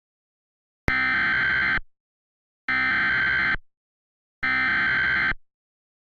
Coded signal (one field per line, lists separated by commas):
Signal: Emergency Alert System (SAME) tones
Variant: header bursts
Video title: EAS Mock 15: 2004 SVR